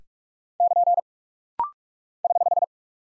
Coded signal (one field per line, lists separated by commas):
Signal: Morse code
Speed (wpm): 46 wpm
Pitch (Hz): 700 Hz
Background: none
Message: <KN> <HH>